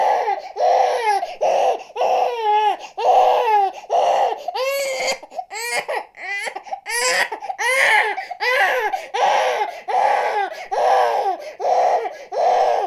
Newborn Baby cry.